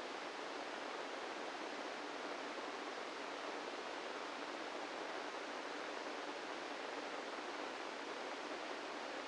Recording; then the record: brain microelectrode recording played as sound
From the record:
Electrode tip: inside the subthalamic nucleus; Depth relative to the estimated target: -3 mm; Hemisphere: right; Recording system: NeuroSet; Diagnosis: Parkinson's disease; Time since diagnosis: 17 years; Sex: male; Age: 64 years